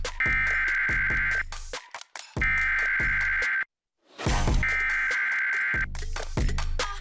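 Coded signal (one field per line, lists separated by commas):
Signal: Emergency Alert System (SAME) tones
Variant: header bursts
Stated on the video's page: Severe thunderstorm warning aired on a broadcast station without muting the station's own audio underneath.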